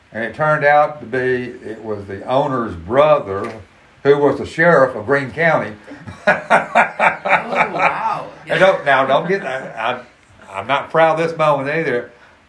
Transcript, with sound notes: and it turned out to be– it was the owner’s brother who was the sheriff of Greene County. [laughs]
Oh wow.
Now don’t– I’m not proud of this moment either.